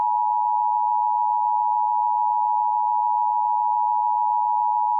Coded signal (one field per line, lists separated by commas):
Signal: Emergency Alert System (SAME) tones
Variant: 853 and 960 Hz attention tone